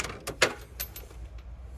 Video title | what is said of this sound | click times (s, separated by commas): Installation d'un kit admission direct dynamique sur CRD 2.2 ! | le petit clic et hop | 0.4 s